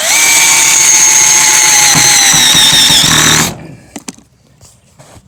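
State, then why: Stripped. A power drill drives a screw into the frame of a floating island build, whining steadily with a high squealing tone for about 3.5 seconds before it stops. Sharp clicks follow at about 4.0, 4.1 and 4.2 seconds, the loudest at 4.1 seconds, and the screw strips before it is fully in. It went further than before, and holding the drill with both hands would probably have got it in.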